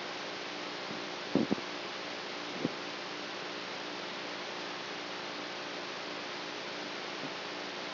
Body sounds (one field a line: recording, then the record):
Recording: brain microelectrode recording played as sound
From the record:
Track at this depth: outside the subthalamic nucleus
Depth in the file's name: -0.11 mm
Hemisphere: right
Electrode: 3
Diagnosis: Parkinson's disease